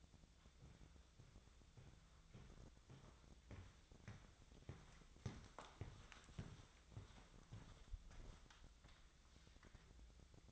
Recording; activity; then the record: daily activity, microphone in the room; walk to room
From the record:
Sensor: 3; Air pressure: 999.4 hPa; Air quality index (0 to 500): 197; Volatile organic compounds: 45 ppm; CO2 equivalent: 3220 ppm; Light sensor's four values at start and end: 8/19/7/7 and 8/18/7/7